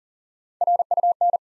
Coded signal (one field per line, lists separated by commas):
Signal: Morse code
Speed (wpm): 38 wpm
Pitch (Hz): 700 Hz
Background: none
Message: RUN